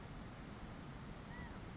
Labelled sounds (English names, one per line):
California Quail